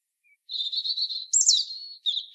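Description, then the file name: European robin singing a steady high warble that leaps to a bright piercing note before settling, then starting another phrase at the end. "Erithacus rubecula"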